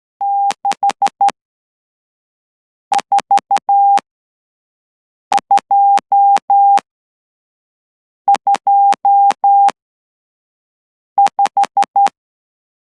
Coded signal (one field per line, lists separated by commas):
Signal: Morse code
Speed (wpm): 12 wpm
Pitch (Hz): 800 Hz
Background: none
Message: 64225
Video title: Latihan Mengekod CW pada 12WPM | Persediaan Tx OCW SKMM | Encoding Morse Code at 12WPM